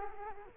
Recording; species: mosquito wingbeat signal from an infrared sensor; Culex quinquefasciatus